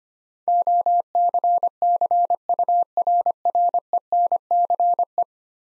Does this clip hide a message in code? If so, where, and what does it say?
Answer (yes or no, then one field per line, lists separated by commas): yes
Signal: Morse code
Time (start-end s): 0.5-5.2 s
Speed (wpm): 25 wpm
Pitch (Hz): 700 Hz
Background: none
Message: OCCURRENCE